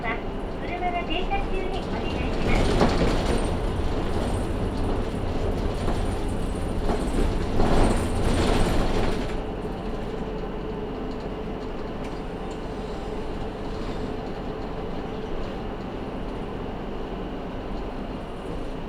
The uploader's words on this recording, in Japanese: 無人駅の中佐世保駅から乗車する。列車は２両編成で車掌も乗務していました。